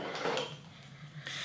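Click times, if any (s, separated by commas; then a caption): 1.3 s. A small fork component is pressed into the other leg of an SR Suntour T890 suspension fork during a repair of the seized fork. Faint handling and metallic clatter lead up to a sharp snap at 1.3 s as the part seats in place like the first one.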